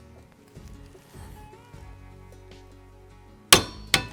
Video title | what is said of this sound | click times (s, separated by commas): Customer Build: Jennifer Williams Competition AR15 | All right. So, now you just tighten it until you hear the click. | 3.5 s